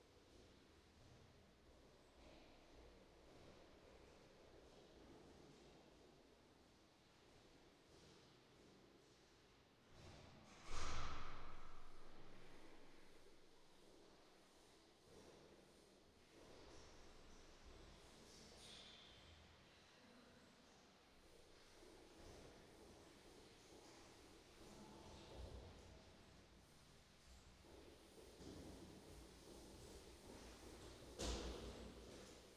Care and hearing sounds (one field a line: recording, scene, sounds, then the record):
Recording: everyday scene through a hearing-aid microphone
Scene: reverberant space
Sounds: background noise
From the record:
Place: staircase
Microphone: in the ear canal, right